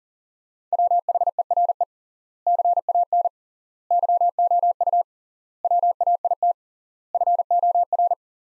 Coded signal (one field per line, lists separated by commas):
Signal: Morse code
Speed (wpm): 40 wpm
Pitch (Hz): 700 Hz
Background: none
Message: WHERE CAN YOU WAIT FOR